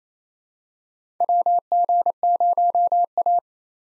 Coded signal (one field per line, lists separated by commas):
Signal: Morse code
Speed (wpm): 28 wpm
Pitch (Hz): 700 Hz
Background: none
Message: WG0A